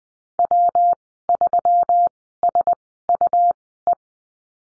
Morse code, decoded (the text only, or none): W3SUE